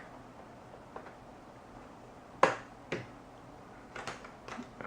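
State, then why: Seated. A RAM module is pushed into an iMac memory slot until it snaps, with one sharp, loud click at 2.4 s. Fainter ticks come before it at about 1.0 s, then a smaller click at 2.9 s, and a few light clicks near 4.0–4.8 s. The module is seated and fully secure.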